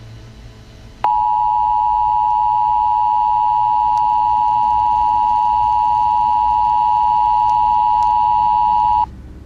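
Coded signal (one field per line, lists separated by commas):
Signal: Emergency Alert System (SAME) tones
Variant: 853 and 960 Hz attention tone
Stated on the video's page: Fictional EAS scenario alert, a made-up recreation rather than a real broadcast.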